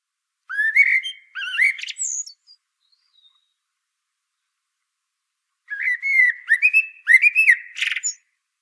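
Common blackbird song in two bursts: rich, rising whistled notes ending in a squeaky twitter, a long pause, then a longer warbled phrase.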